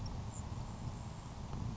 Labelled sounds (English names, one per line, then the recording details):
Grasshopper Sparrow
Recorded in Sonoma County, California